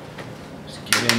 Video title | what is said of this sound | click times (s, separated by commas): How to replace screen on an HP Envy dv6 laptop | there you can hear it popping up as I run the spatula along | 0.9 s, 1.1 s